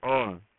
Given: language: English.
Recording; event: throat vibration sensor signal played as sound; speech